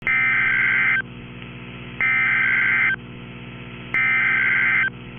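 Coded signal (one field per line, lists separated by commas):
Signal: Emergency Alert System (SAME) tones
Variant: header bursts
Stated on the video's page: Real Tornado Watch alert with valid EAS tones.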